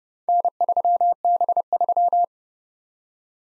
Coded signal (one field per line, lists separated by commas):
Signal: Morse code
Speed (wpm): 31 wpm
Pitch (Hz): 700 Hz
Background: none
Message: N3B3